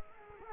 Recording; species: mosquito wingbeat signal from an infrared sensor; Culex quinquefasciatus